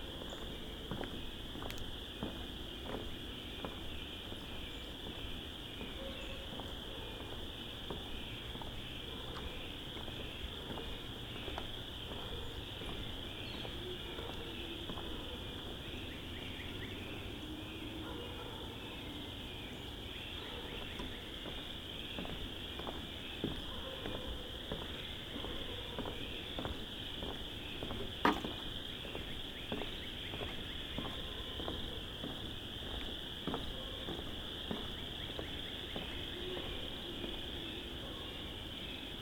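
A dusk spring walk through the Vinemount Swamp, with a steady, high, shrill chorus holding unbroken for the whole clip. Short ticks and crunches, probably footsteps, come often, with a sharper snap near 28 seconds, over a soft low rumble.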